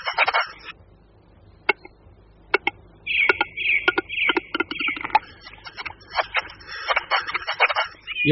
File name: Tetřev-hlušec